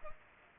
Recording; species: mosquito wingbeat signal from an infrared sensor; Culex pipiens